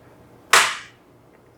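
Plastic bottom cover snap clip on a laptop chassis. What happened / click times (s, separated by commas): A plastic cover clip snaps free / 0.5 s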